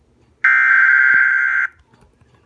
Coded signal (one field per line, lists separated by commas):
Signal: Emergency Alert System (SAME) tones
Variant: header bursts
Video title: Flash Flood Warning NE North Carolina (Ian’s Second Landfall) EAS #279